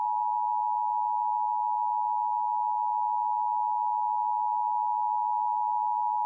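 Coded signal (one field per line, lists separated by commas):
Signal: Emergency Alert System (SAME) tones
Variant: 853 and 960 Hz attention tone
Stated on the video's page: Required Monthly Test on an Oklahoma City television subchannel, recorded with a Tablo Quad.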